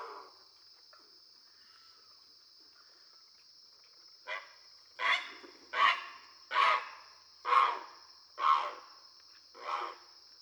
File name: Great Blue Heron